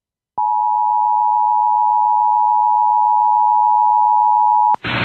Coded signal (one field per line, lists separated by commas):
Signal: Emergency Alert System (SAME) tones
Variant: 853 and 960 Hz attention tone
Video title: NC FFW EAS #734